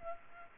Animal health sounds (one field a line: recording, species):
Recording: mosquito wingbeat signal from an infrared sensor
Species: Culex pipiens